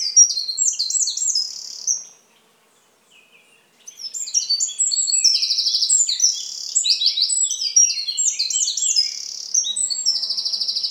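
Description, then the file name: Eurasian wren singing two bursts of rapid, very high trilling and twittering notes, separated by a pause of under two seconds, the second burst long and sustained. "Troglodytes troglodytes"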